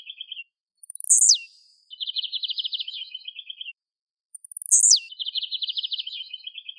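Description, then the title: Bird song: a sharp high whistle sweeping steeply downward, then a rapid buzzy trill held level and slightly falling, the phrase given twice with short silent gaps. "LuckyPassaros CompletosSama"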